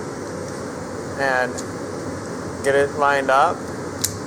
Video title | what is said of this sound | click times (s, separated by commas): 2017+ Nissan Rogue Sport Windshield Wiper Blade Replacement | and pull it up until it snaps | 4.0 s